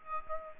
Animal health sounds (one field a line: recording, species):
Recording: mosquito wingbeat signal from an infrared sensor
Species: Aedes aegypti